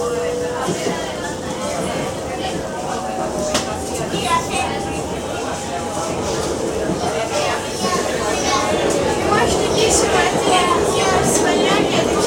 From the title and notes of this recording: Train to BCN at Castelldefels by xpatstories.